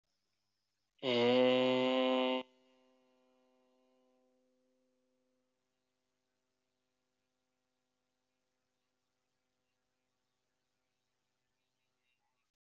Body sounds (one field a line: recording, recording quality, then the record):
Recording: sustained vowel as in made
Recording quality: excellent, no background noise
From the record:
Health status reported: healthy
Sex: male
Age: 22 years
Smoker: no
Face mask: not worn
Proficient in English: yes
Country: India